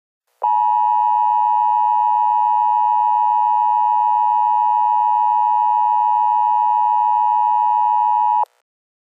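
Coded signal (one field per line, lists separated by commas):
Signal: Emergency Alert System (SAME) tones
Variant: 853 and 960 Hz attention tone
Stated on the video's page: Fictional EAS notification made up from a story series, not a real alert.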